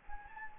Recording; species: mosquito wingbeat signal from an infrared sensor; Anopheles gambiae